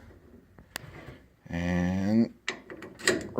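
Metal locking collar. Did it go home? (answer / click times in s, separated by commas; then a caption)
yes / 3.1 s. A removable steering wheel is set onto its quick-release hub on the steering column and rotated while someone talks, with a few light knocks and scrapes as it goes on. The metal locking collar snaps into place with a sharp click at 3.1 s, and the wheel is seated and locked.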